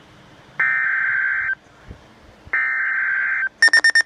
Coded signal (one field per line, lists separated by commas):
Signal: Emergency Alert System (SAME) tones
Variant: header bursts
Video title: EAS Tornado Warning Barron and Polk County Wisconsin NOAA Weather Radio KEC65